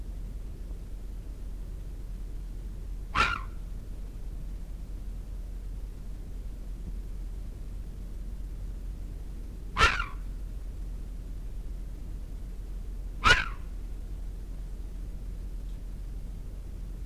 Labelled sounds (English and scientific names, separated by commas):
Corsac Fox (Vulpes corsac) barking